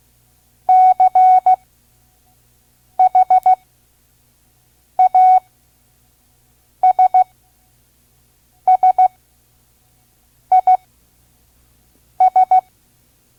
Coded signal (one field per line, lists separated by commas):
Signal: Morse code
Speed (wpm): 16 wpm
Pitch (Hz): 740 Hz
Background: none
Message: CHASSIS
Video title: Morse Code Course. Listen and Learn Part-1 (5 words per minute) Vintage ARRL Course